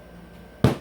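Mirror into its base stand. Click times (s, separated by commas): 0.6 s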